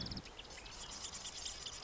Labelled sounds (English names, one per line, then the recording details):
Marsh Wren
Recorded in Sonoma County, California